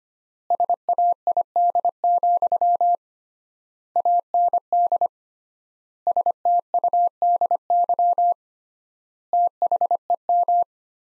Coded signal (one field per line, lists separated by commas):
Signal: Morse code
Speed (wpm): 25 wpm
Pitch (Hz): 700 Hz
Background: none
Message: SAID, AND STUDY THEM